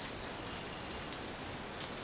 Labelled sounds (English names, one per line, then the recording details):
none
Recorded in dense forest near Puerto Asís, Putumayo, Colombia, on 27 June 2025 at 18:00
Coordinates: 0.484, -76.317
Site G045